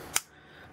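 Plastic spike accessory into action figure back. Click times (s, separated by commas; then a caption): 0.2 s. A plastic spike accessory is pushed into its socket on the back of a TMNT 2012 Dogpound action figure. A single sharp, bright click sounds at 0.2 s against a quiet background, and the spike is seated in the figure.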